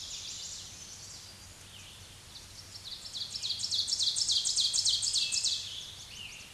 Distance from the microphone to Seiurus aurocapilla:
about 15 m